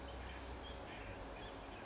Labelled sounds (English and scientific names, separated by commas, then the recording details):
California Towhee (Melozone crissalis)
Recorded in Sonoma County, California